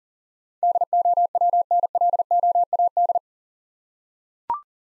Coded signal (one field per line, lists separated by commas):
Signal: Morse code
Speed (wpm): 44 wpm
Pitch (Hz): 700 Hz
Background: none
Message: DOWNLOAD